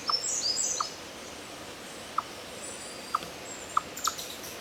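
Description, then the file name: Eastern chipmunk giving short, sharp chips at an uneven pace over a steady background hiss, with high bird chirps near the start. "Tamias striatus"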